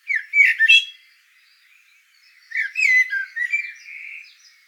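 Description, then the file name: Eurasian blackbird singing two mellow fluted phrases with squeaky high notes, separated by a short pause. "solsort volker arnold"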